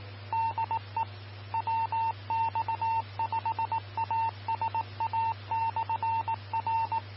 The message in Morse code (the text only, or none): DE WX5ASA/R